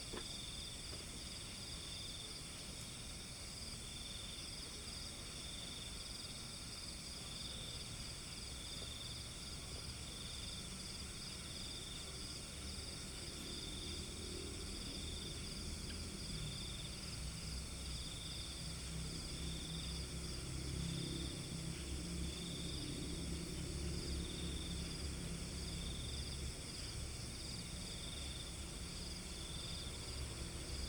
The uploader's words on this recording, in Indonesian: Balkondes Bumihardjo Magelang. Soundscape ini direkam di area pesawahan berjarak sekitar 1,8 km dari Candi Borobudur pada pukul 01.00-02.00.